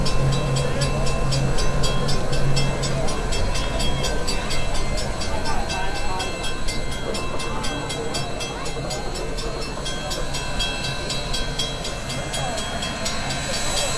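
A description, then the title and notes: Union Pacific No. 844 rumbles steadily past at a crossing, a dense low roar with rhythmic clanking and faint voices throughout. 844 Big Boy, Pacific, MO. A stereo field recording from October 2016 in Pacific, Missouri. Union Pacific No. 844 approaching, sitting and then leaving, was made at the intersection of First Street and the train tracks.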